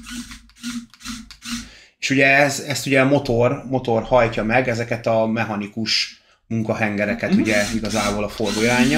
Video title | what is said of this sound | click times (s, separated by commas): Az első nagyobb RC készletünk! - Mould King 13112 markoló bemutató | If you go all the way to the end position, you can hear a little clicking sound. That's where it stops, but it doesn't fall apart or anything, even if you turn it all the way. | 0.5 s, 0.9 s, 1.3 s